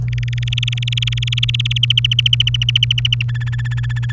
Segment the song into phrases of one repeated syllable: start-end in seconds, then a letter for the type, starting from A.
0.08-1.78 A, 1.83-3.22 B, 3.29-4.12 C